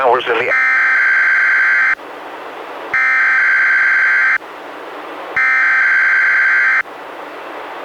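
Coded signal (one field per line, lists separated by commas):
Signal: Emergency Alert System (SAME) tones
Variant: header bursts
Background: speech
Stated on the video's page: NWS required weekly tests relayed by weather radio station KEC91, recorded directly from a Reecom R-1630 weather radio onto a Zoom H1 recorder.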